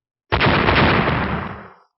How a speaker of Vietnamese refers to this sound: Một tiếng nổ cực lớn hoàn toàn chấn động thiên địa vang lên, phiên thiên cung của Thạch Mục bỗng nhiên đánh vào phía trên hơn ngàn bàn tay bằng tuyết khổng lồ.